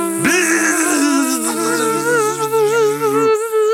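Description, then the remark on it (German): A loud, continuous buzzing of bees in flight, a rich droning hum with a slightly wavering pitch that holds steady for several seconds with no voices over it. “was sind das denn für Bienen da oben?”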